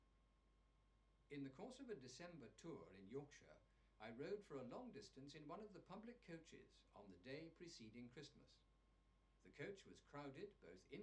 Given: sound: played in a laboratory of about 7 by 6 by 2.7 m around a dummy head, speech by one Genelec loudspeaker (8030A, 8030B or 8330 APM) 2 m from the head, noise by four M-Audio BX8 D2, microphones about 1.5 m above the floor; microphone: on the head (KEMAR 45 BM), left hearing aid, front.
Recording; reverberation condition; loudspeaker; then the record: male speech in English; low; in front (0 degrees)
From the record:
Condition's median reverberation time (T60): about 310 ms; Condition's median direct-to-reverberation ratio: about 3.5 dB